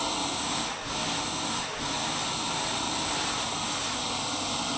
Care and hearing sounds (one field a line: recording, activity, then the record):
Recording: daily activity, microphone in the room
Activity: vacuum cleaning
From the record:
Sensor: 1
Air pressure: 994.4 hPa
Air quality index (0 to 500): 217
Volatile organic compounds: 1000 ppm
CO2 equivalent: 7749 ppm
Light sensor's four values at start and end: 49/110/49/52 and 49/110/49/52